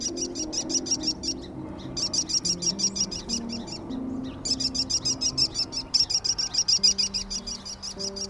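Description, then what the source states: American kestrel giving rapid, shrill, repeated klee notes in long series with brief pauses, over soft music. Perched on phone lines; Boise area.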